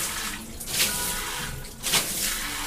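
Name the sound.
shower water running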